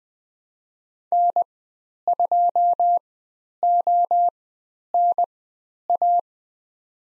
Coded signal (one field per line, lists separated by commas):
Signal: Morse code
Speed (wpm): 20 wpm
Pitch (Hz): 700 Hz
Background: none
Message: N2ONA